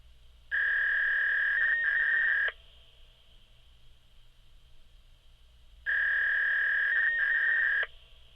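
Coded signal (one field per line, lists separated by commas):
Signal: fax machine handshake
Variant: V.21 300-baud signalling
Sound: two 2-second bursts of buzzy warbling mid-pitched tone separated by silence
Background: low hum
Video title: Fax tono de los datos (Efecto de Sonido) Fax data tone Sound Effect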